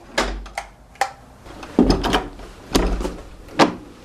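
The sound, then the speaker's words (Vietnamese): An old door in a fort in Goliad, Texas, is pushed shut with a foot, giving several heavy wooden thumps and rattles, followed by sharp mechanical clicks as it is locked, spread irregularly across a few seconds with no talking. “Hồi nãy mình phải đạp cái chân vậy đó, cho nó vô cái mới khóa được cái cửa, nó quá cũ rồi.”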